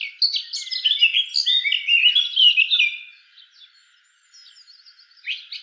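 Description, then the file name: Eurasian blackcap song, a loud tumbling warble of varied whistled notes lasting about three seconds, followed by faint buzzy notes and a brief final phrase. "Sylvia atricapilla"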